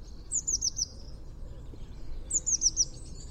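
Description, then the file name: Eurasian blue tit calls, two quick bursts of four high, thin descending notes about two seconds apart, over a low steady background rumble. "Cyanistes caeruleus"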